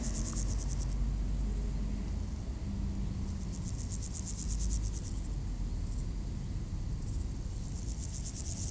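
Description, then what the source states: Grasshoppers give several high, rasping pulsed bursts, some short and some longer, against a dense background rumble of passing cars. Beside the D633 road at Aveize, France, with passing cars; Sony PCM-M10 recorder, AB microphone position.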